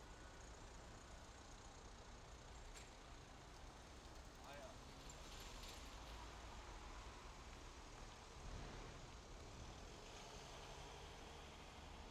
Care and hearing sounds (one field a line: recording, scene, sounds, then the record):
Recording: everyday scene through a hearing-aid microphone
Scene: in traffic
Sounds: traffic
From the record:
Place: main road on the outskirts, rush hour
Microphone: in the ear canal, left